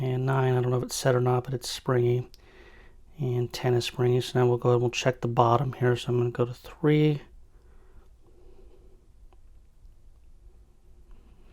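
Someone talks over the first seven seconds while handling a wafer in a Ford car door lock cylinder with a Lishi pick, then quiet faint clicks follow. Wafer three has not set yet, and nothing has seated or clicked at the shear line in this clip.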